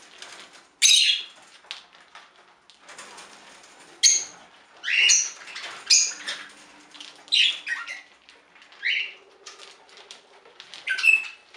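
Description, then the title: Budgerigar chatter, bursts of scratchy squawks and chirps every second or two over a soft continuous twittering. "Budgie Sounds"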